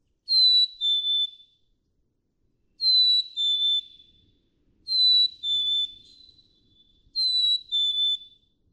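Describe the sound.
Black-capped chickadee song, four repeats of a bright two-note whistle, high then lower, about every two seconds, with faint low rustling.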